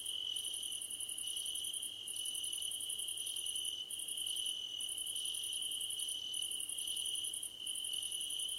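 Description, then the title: Crickets chirping in a dense night chorus: a steady high trill under bursts of very high pulsed chirps that stop and restart every second or two. Crickets at night under a starlit sky. "Nighttime Ambience with Crickets"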